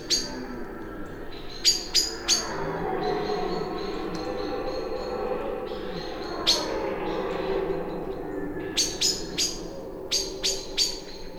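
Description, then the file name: Common blackbird calling with hard, metallic chinks, in a short cluster at first, then a single one midway, then a rapid cluster near the end, over a constant low rumble. "Turdus merula"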